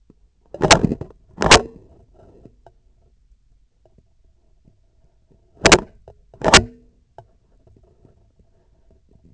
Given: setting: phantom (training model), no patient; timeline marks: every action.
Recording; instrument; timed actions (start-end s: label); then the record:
laparoscopic instrument, vibration sensor on the handle end; scissors
0.46-1.16 s: scissors opening
1.27-2.07 s: scissors closing
5.52-6.06 s: scissors opening
6.26-7.05 s: scissors closing
From the record:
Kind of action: tool actuation without material contact